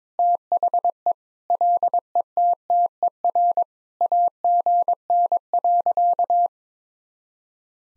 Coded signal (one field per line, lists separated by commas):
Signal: Morse code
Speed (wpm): 21 wpm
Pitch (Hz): 700 Hz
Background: none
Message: THE LETTER AGN.